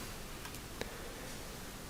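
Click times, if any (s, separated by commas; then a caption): none. A freehub body is handled onto a Novatec D252SB bicycle wheel hub, slid over the lightly greased ratchet and twisted anti-clockwise. Over a steady low hiss come faint ticks around 0.5 s and one short, sharp tick at 0.8 s. Nothing has seated or clicked into place yet.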